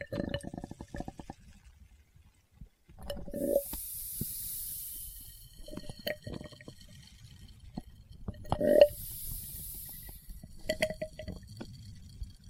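Test tubes are handled in a quick series of clicks, taps and small glassy knocks. Twice, around four and nine seconds, a bright hissing spray rises for about two seconds over a low wet gurgle. Quiet rustling and tapping fill the gaps.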